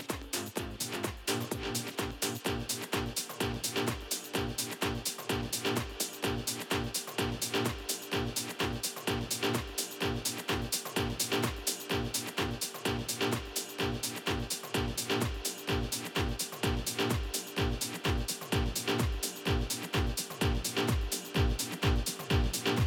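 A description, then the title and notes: A steady, quick beat of low thumps, about two per second, drives under a dense, bright wash of sustained tones that never lets up. UnEdited, raw, literally while my house was sleeping this morning.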